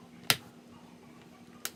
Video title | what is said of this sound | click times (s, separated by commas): Lenovo Ideapad Y700 SSD Swap / Windows 10 Install | it snaps back into place there. | 0.3 s, 1.7 s